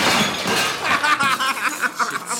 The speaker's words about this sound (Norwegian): Shit. Korken spratt rett opp i lysakroner. Og så tatt lysakroner der og knuste.